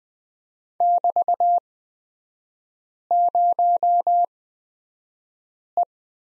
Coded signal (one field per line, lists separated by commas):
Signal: Morse code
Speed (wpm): 20 wpm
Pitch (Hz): 700 Hz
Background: none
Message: <BT>0E